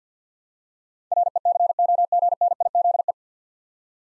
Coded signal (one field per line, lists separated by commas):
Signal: Morse code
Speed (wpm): 50 wpm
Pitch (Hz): 700 Hz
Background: none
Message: RECOGNIZE